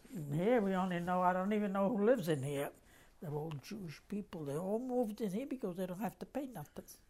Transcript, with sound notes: Here we only know, I don't even know who lives in here. ( she lowers her voice ) They're all Jewish people. They all moved in here because they don't have to pay nothing.